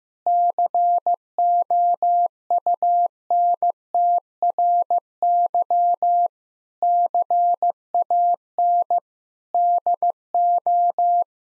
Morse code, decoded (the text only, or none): COUNTRY CAN DO